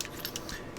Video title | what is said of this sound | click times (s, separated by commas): Ruger MK III 22/45 Walkthrough Disassembly and Reassembly | then the pin will slide in and you'll hear it click into place | 0.0 s